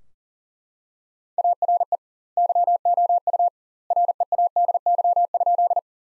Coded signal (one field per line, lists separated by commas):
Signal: Morse code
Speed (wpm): 40 wpm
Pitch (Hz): 700 Hz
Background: none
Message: ARE YOU READY?